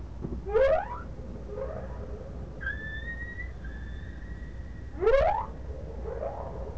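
Whale calls: two fast upswept whoops several seconds apart, separated by a long, level high whistle lasting around two seconds.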